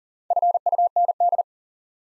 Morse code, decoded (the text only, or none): FUND